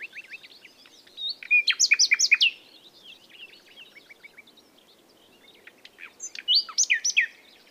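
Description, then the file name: Common nightingale song in two loud phrases of rapid repeated notes, with soft chirps and twitters between them. "Luscinia megarhynchos"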